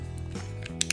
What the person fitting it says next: snaps right on locks in not going anywhere now